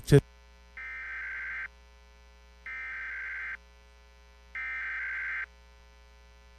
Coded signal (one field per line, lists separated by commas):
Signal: Emergency Alert System (SAME) tones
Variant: header bursts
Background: speech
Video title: (EAS #23) | Guam Required Monthly Test on KGUM | 03/10/2021